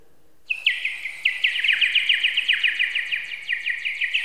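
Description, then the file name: Bird song: rapid series of bright, descending chirped notes, repeated steadily after a brief silent start, with faint background noise. "Linnut"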